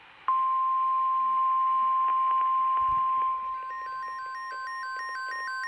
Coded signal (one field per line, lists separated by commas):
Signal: Emergency Alert System (SAME) tones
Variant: 1050 Hz attention tone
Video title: I dont know what I should put the title to (5/3/22) (EAS #143-147)